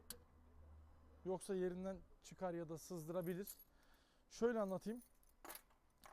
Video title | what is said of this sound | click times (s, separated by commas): ARABADAN MAZOT NASIL ÇEKİLİR - PEUGEOT PARTNER - FİAT DOBLO | bunları yerine takarken şu çıt sesi domuz gerekiyor Yoksa | 0.1 s